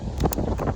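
A seatbelt-style safety buckle on a kite harness line is pushed into its receiver and latches, which confirms it works and is not fouled by sand. Over a steady, wind-like background, small ticks come at about 0.2 s and 0.3 s, and the sharp latching click lands at 0.3 s. Faint ticks follow around 0.6 s and 0.7 s, and the buckle ends up seated.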